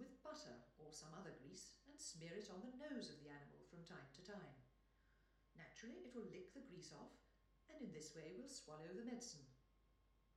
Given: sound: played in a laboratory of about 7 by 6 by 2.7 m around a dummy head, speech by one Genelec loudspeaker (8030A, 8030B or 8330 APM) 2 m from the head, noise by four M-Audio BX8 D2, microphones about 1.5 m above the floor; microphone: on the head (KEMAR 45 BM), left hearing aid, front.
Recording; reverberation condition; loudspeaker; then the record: female speech in English; medium; in front (0 degrees)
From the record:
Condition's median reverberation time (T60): about 510 ms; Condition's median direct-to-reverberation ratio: about -0.5 dB